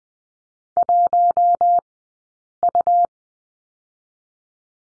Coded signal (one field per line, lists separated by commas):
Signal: Morse code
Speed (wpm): 20 wpm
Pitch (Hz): 700 Hz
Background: none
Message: 1U